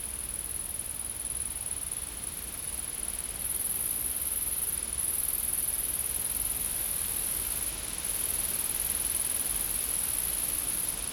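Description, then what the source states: Insects give a shrill, pulsing high drone that flickers slightly in strength and grows louder after about four seconds. Insects recorded in a field.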